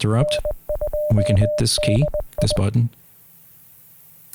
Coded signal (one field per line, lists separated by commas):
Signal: Morse code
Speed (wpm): 20 wpm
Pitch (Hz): 600 Hz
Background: speech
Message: N2DI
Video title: QRP Labs QMX Frequency & Message Memories